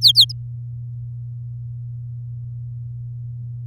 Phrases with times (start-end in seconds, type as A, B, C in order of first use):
0.01-0.32 A